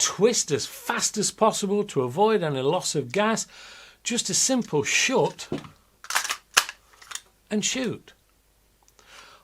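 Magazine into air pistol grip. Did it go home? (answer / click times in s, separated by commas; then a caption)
yes / 6.6 s. An oversized CO2 magazine is pushed back into the grip of a Sig Sauer M17 air pistol, seating with a solid click at 6.6 s. Someone talks before and after, and a few smaller handling clicks and knocks occur around it.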